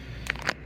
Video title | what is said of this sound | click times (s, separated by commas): DCS 1800S/BG Models Cable Replacement Pt. 4 | that's it once that's locked in place make sure you didn't | 0.3 s